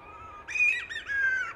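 Boyd's shearwater call: a steady nasal note, then a louder, wavering, harmonic squawk that breaks into arched, bending notes.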